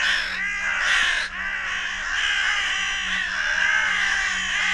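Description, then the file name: Carrion Crow calls, loud rasping caws running almost without break, with a faint steady hum in the background. "Corvus corone"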